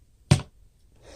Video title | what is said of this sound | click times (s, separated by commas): Transformers WFC Siege MEGATRON Review | snaps into place there | 0.3 s